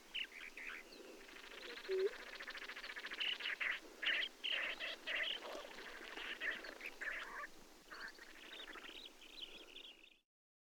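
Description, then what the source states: Birds calling in a busy run of chattering, buzzy and squeaky notes, rapidly repeated and overlapping, ending in drawn-out buzzy notes before stopping abruptly. Display flight of two males and a female.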